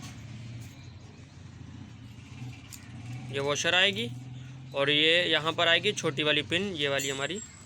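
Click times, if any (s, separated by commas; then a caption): none. A small pin and washer are being fitted onto the metal gear shift drum of a Suzuki GS 150 motorcycle engine while someone talks over a low background hum. A brief sharp tap comes at 2.7 s, but nothing has seated or clicked yet when the clip ends, just before the pin goes in and the washer locks.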